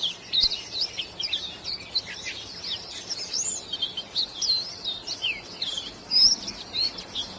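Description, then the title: White-eye song, a dense run of high, thin chirping notes tumbling rapidly and continuously, with soft background hiss. "Pleci"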